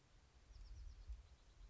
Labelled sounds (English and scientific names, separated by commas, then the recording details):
Bewick's Wren (Thryomanes bewickii)
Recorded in Sonoma County, California